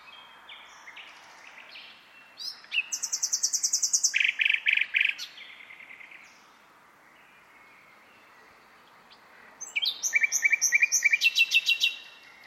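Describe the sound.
Bird song in bursts of rapid high trills and buzzy repeated notes, two main phrases separated by a quieter pause with faint chirps.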